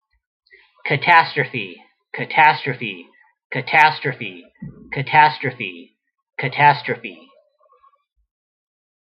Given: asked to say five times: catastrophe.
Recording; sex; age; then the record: repeated word; male; 40 to 49 years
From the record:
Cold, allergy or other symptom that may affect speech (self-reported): no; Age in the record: 42 years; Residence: Washington, United States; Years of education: 16